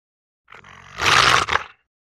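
Rottweiler giving a harsh, gruff vocalization just over a second long, quiet at first, then loud, ending abruptly.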